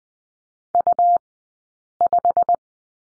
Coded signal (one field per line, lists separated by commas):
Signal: Morse code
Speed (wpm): 20 wpm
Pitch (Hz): 700 Hz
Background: none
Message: U5